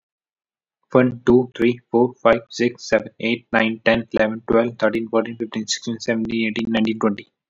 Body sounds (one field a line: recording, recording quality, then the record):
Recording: counting at a fast pace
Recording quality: excellent, no background noise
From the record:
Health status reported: healthy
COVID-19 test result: not tested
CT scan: not taken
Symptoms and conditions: cough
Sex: male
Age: 18 years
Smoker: no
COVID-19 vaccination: both doses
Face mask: worn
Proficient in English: yes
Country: India